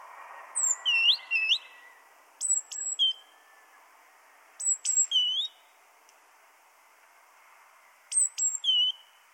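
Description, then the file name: Great tit calls: short clear whistled notes, some sliding down, in tight pairs and triplets with sharp high ticks, repeated every few seconds. "Parus major"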